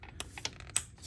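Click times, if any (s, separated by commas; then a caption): 0.8 s. A wiring harness plug is slid back onto the new camshaft magnetic sensor on a 2008 Mercedes-Benz CLK350 engine and pushed until it locks. A few light plastic taps and clicks are heard, with one sharp click at 0.8 s as the connector seats.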